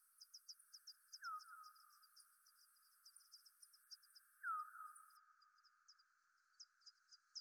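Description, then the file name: Bat pulses: a broken series of high short ticks with two stronger downward sweeps, one early and one midway. Bat movement recorded at the Gondwana garden in Rayol. "Rayol Gondwana Mouvementde Chauve Souris Mercier Glotin"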